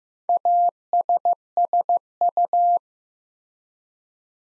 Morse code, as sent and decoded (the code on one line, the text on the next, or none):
.- ... ... ..-
ASSU